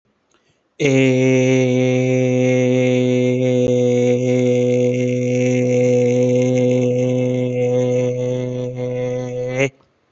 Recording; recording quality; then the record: sustained vowel as in made; excellent, no background noise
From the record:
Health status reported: healthy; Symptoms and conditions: none ticked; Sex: male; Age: 26 years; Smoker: not ticked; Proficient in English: yes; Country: India